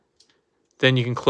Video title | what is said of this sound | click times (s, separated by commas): Fans Toys Variator (Gears) is a lot of FUN in a TINY bot! | you want to rotate all the way around until it clips into place there then you just close back up the shin | 0.2 s